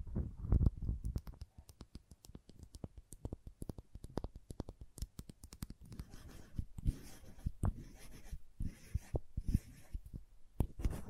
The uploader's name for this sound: Crayons Tapping, Carving, Cutting, Drawing Sounds